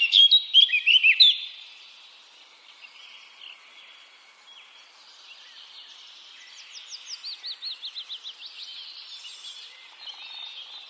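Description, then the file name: Eurasian blackcap song opens with a loud, quick burst of chattering notes, then goes quiet before a softer run of rapidly repeated, up-slurred notes near the end. "Sylvia atricapilla"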